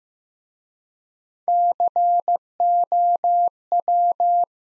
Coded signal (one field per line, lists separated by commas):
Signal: Morse code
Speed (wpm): 15 wpm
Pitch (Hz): 700 Hz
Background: none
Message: COW